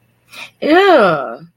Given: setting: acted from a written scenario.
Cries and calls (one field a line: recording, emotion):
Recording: vocal sound without words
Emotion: disgust